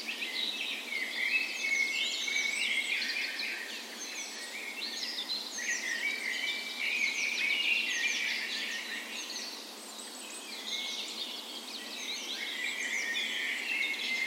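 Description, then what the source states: Birds in full dawn chorus, a dense wall of overlapping high chirps, trills and warbles, easing slightly partway through. Dawn chorus on the morning of 17 May, Norway's National Day, spring, in a park west in Bergen, Norway; recorded with a Sony PCM A10 and LOM micro Usi mics used as tree ears.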